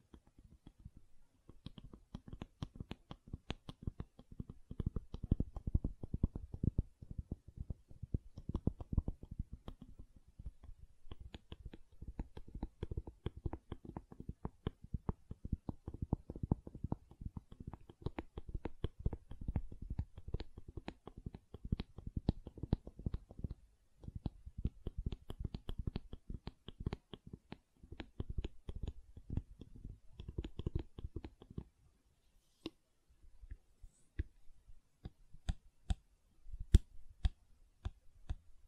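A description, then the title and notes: Gentle silicone sounds, quiet: a dense, irregular run of soft clicks and squishy taps, mostly low and muffled, fills the first half minute. After about 32 seconds the taps thin out into sparser, slightly sharper clicks. ASMR Gentle Silicon Sounds for Sleep (No Talking).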